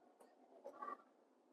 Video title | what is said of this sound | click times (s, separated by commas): Mata Pelajaran Pilihan Konsentrasi DKV (Fotografi - Pengenalan Kamera DSLR) | Oke bunyi tek atau klik ya | 0.8 s